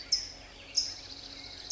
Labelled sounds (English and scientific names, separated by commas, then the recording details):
California Towhee (Melozone crissalis)
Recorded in Sonoma County, California